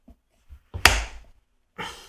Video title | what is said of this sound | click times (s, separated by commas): TASCHENMESSER MAD G10 84mm Plus Scales fitted to Victorinox Sportsman - SAK EDC | oh we have a definite click there | 0.9 s